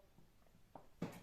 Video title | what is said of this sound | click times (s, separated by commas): LEATHERMAN WAVE PLUS (is it any good ?) | uh and it locks into place now | 0.8 s, 1.0 s